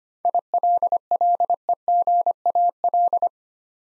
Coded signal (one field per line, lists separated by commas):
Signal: Morse code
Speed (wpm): 25 wpm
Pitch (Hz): 700 Hz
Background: none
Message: ILLEGAL